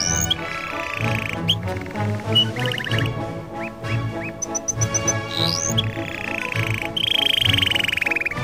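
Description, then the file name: Canary song mixing fast trills, short rising chirps and a brief run of high pips, set against steady background music. Canary song mixed with music. "suara kenari dan musik"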